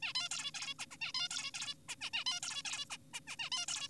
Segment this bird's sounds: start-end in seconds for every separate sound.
0.03-0.13, 0.15-0.29, 0.31-0.51, 0.55-0.74, 0.79-0.86, 0.91-0.97, 1.01-1.12, 1.15-1.28, 1.31-1.51, 1.54-1.75, 1.89-1.95, 2.01-2.10, 2.13-2.24, 2.26-2.40, 2.43-2.63, 2.65-2.85, 2.91-2.97, 3.14-3.20, 3.27-3.36, 3.39-3.50, 3.52-3.66, 3.68-3.88